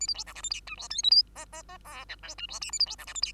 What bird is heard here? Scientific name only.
Lonchura striata domestica